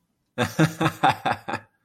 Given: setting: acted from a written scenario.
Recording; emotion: vocal sound without words; amusement